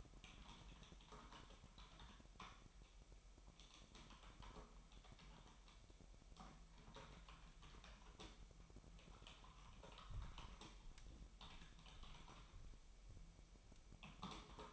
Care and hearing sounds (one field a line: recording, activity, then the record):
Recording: daily activity, microphone in the room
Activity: typing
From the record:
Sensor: 1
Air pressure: 1002.0 hPa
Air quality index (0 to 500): 244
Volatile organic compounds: 49 ppm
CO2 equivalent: 3285 ppm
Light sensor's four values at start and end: 8/29/11/12 and 8/30/11/12